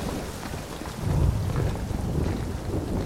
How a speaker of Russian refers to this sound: Зал для приемов царства Пэй. Льет дождь.